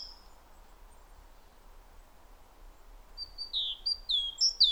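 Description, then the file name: Great tit calls begin after a quiet stretch: a run of loud, high, downward-slurred notes in the last second and a half, growing stronger toward the end. "Parus major"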